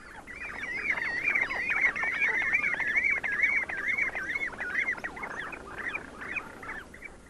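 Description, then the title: Common Ringed Plover calls, a rolling, wavering stream of fluting notes repeated rapidly throughout, rising and falling in pitch. "Tylli"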